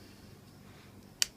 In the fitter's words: and they click